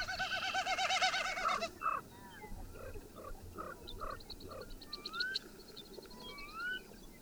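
Bird calls: a short burst of rapid wavering notes, then scattered soft chirps, upslurred whistles and faint trills.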